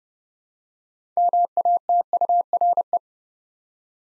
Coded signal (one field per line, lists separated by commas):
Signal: Morse code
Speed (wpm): 30 wpm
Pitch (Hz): 700 Hz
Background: none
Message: MATURE